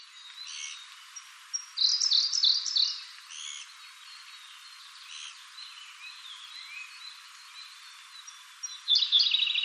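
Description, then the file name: Siberian blue robin song: thin high introductory notes, then short rapid buzzy trills near the start and again at the end, with faint quiet notes between. "koruri"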